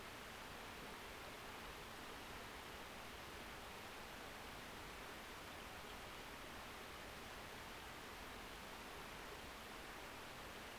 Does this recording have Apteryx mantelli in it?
no